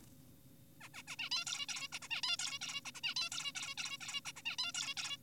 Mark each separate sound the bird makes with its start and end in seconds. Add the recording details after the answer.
0.81-0.89, 0.94-1.03, 1.08-1.16, 1.19-1.30, 1.32-1.45, 1.47-1.66, 1.69-1.88, 1.92-1.99, 2.02-2.08, 2.10-2.22, 2.24-2.36, 2.39-2.59, 2.62-2.81, 2.86-2.92, 2.95-3.01, 3.04-3.14, 3.16-3.30, 3.32-3.52, 3.55-3.75, 3.78-3.98, 4.01-4.21, 4.26-4.32, 4.36-4.42, 4.46-4.56, 4.59-4.72, 4.74-4.94, 4.97-5.17. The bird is an adult. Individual g4p5U